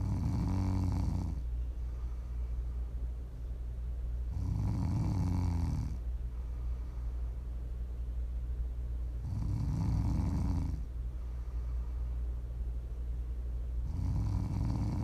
Prime ASMR snoring. You can listen to sleep, to relax, to wind down.